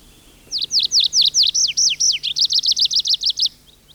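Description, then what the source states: Tree Pipit song: a three-second phrase of many clear high notes, wavering at first, then quicker repeated notes ending abruptly, over a faint low hum. One of the commonest singers of pine forests; often sings from a high treetop, rising in song flight and gliding to another treetop or the ground, delivering its longest phrases in flight.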